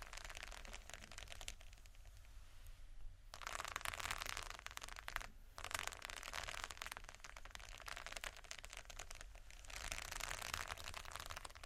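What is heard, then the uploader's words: Soft, dense scratching comes in rasping bursts, quieter near the start and pausing briefly around five seconds, over a faint low hum. Slow, Deep & Soft Scratching (No Talking).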